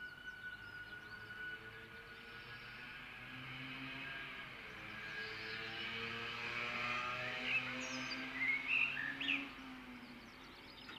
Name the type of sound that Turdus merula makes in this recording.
song